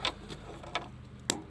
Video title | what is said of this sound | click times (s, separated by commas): How to remove/replace the fuel pump and sender & fix gas gauge &light on a 2014-2019 Kia Soul | So we're going to have to squeeze that till it clicks. | 1.3 s